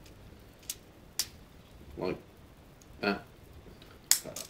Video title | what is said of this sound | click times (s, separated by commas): DOTM Shockwave | uh his Mech weapon obviously is that flips forward it does lock into place so you can have it | 1.2 s